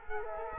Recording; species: mosquito wingbeat signal from an infrared sensor; Culex quinquefasciatus